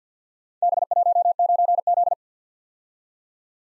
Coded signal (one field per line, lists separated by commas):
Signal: Morse code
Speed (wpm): 46 wpm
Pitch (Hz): 700 Hz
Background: none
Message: B19Z